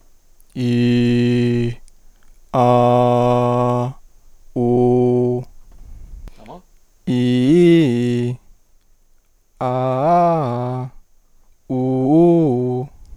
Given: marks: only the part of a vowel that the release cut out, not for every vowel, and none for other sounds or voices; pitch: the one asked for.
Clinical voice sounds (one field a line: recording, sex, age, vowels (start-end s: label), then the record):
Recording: sustained vowels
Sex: male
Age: 20 to 29 years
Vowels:
0.67-1.65 s: vowel /i/, low pitch
2.73-3.82 s: vowel /a/, low pitch
4.77-5.37 s: vowel /u/, low pitch
7.24-8.22 s: vowel /i/, low-high-low pitch
9.72-10.77 s: vowel /a/, low-high-low pitch
11.84-12.75 s: vowel /u/, low-high-low pitch
From the record:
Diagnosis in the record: healthy voice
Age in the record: 22 years